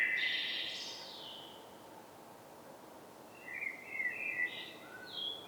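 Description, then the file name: Common blackbird song: one fluty warbled phrase ending in a high twitter, a quiet gap, then a second run of short chirpy notes, with soft background hiss. "Turdus merula"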